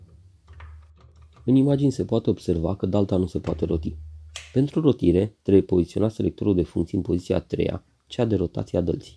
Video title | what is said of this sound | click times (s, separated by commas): PARKSIDE PBH 1500 F6 rotopercutor 1500W, 5J. FULL REVIEW. Unboxing, prezentare, gaurire si daltuire | se fixează în mandrină SDS Plus prin simpla apăsare până când se aude Click în | 0.6 s